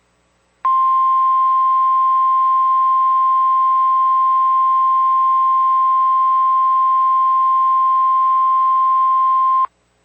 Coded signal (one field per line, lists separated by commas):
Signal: Emergency Alert System (SAME) tones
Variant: 1050 Hz attention tone